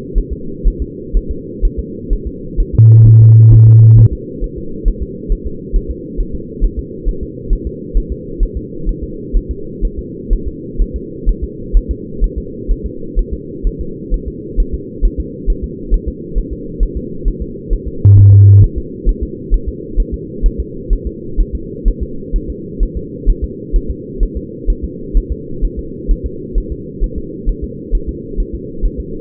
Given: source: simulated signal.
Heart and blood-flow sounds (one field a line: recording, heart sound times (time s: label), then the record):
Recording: fetal heart sounds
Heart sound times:
0.18 s: S1
0.32 s: S2
0.68 s: S1
0.82 s: S2
1.17 s: S1
1.31 s: S2
1.65 s: S1
1.79 s: S2
2.13 s: S1
2.27 s: S2
2.60 s: S1
2.75 s: S2
3.07 s: S1
3.22 s: S2
3.53 s: S1
3.68 s: S2
3.99 s: S1
4.13 s: S2
4.44 s: S1
4.58 s: S2
4.88 s: S1
5.03 s: S2
5.32 s: S1
5.47 s: S2
5.76 s: S1
5.91 s: S2
6.20 s: S1
6.35 s: S2
6.64 s: S1
6.79 s: S2
7.09 s: S1
7.23 s: S2
7.53 s: S1
7.67 s: S2
7.97 s: S1
8.12 s: S2
8.43 s: S1
8.57 s: S2
8.89 s: S1
9.03 s: S2
9.37 s: S1
9.51 s: S2
9.85 s: S1
9.99 s: S2
10.33 s: S1
10.47 s: S2
10.81 s: S1
10.96 s: S2
11.29 s: S1
11.43 s: S2
11.77 s: S1
11.91 s: S2
12.24 s: S1
12.38 s: S2
12.71 s: S1
12.86 s: S2
13.19 s: S1
13.33 s: S2
13.67 s: S1
13.81 s: S2
14.14 s: S1
14.28 s: S2
14.60 s: S1
14.74 s: S2
15.05 s: S1
15.20 s: S2
15.50 s: S1
15.64 s: S2
15.94 s: S1
16.08 s: S2
16.38 s: S1
16.53 s: S2
16.83 s: S1
16.97 s: S2
17.28 s: S1
17.42 s: S2
17.73 s: S1
17.88 s: S2
18.19 s: S1
18.33 s: S2
18.64 s: S1
18.78 s: S2
19.09 s: S1
19.23 s: S2
19.54 s: S1
19.68 s: S2
20.00 s: S1
20.14 s: S2
20.46 s: S1
20.60 s: S2
20.93 s: S1
21.07 s: S2
21.41 s: S1
21.55 s: S2
21.88 s: S1
22.03 s: S2
22.36 s: S1
22.50 s: S2
22.83 s: S1
22.97 s: S2
23.29 s: S1
23.44 s: S2
23.76 s: S1
23.90 s: S2
24.23 s: S1
24.37 s: S2
24.70 s: S1
24.84 s: S2
25.17 s: S1
25.32 s: S2
25.65 s: S1
25.79 s: S2
26.11 s: S1
26.26 s: S2
26.58 s: S1
26.72 s: S2
27.04 s: S1
27.18 s: S2
27.49 s: S1
27.64 s: S2
27.95 s: S1
28.09 s: S2
28.40 s: S1
28.54 s: S2
28.85 s: S1
29.00 s: S2
From the record:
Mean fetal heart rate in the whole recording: 130 bpm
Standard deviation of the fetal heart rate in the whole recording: 4 bpm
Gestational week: 38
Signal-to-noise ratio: -4.3 dB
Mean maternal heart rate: 72 bpm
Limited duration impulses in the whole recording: present